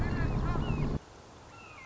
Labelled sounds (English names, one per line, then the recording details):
Red-shouldered Hawk
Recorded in Sonoma County, California